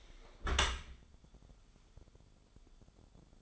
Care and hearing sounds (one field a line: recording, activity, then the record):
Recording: daily activity, microphone in the room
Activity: close dishwasher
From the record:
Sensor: 5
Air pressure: 1015.0 hPa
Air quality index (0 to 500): 168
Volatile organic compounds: 5 ppm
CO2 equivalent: 1821 ppm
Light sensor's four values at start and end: 38/89/36/38 and 38/91/37/41